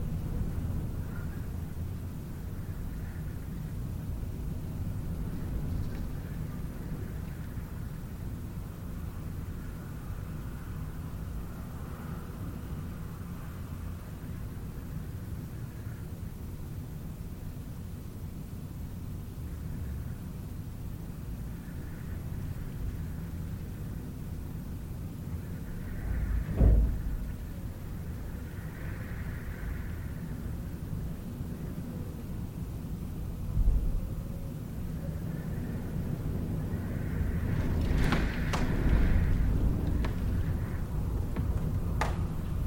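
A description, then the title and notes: Wind blows steadily across open ground, a low, dense rumble that holds fairly even throughout. Faint rustling rises and falls in the upper range, with brief sharper knocks near 27 and 34 seconds and a louder gusty stretch around 38 to 40 seconds. Howling Winds - A Serene and Soothing Soundscape. This audio track captures the gentle and soothing sound of winds as they rustle through trees and across open fields.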